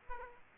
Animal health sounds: mosquito wingbeat signal from an infrared sensor; Aedes aegypti

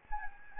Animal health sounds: mosquito wingbeat signal from an infrared sensor; Anopheles arabiensis

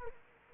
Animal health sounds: mosquito wingbeat signal from an infrared sensor; Culex quinquefasciatus

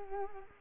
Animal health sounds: mosquito wingbeat signal from an infrared sensor; Culex quinquefasciatus

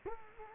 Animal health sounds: mosquito wingbeat signal from an infrared sensor; Culex quinquefasciatus

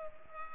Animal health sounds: mosquito wingbeat signal from an infrared sensor; Culex pipiens

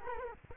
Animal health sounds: mosquito wingbeat signal from an infrared sensor; Culex quinquefasciatus

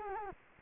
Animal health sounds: mosquito wingbeat signal from an infrared sensor; Culex quinquefasciatus

